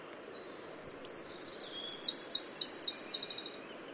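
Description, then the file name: Eurasian wren song: a rapid, energetic string of high, sweet repeated notes, rolling into a fast trill for about three seconds. "Troglodytes troglodytes"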